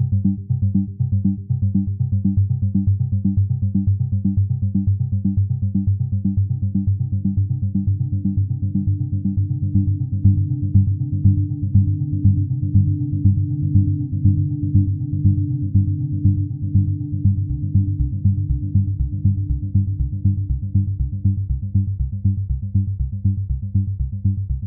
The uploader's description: Shifting harmonies through simple ratios